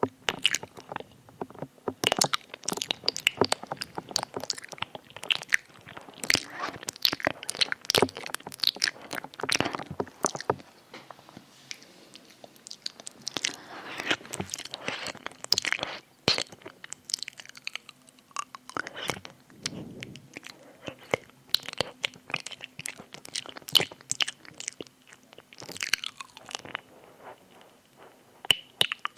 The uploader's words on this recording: ASMR EAR EATING [tingly mouth sounds].